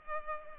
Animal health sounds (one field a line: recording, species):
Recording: mosquito wingbeat signal from an infrared sensor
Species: Culex pipiens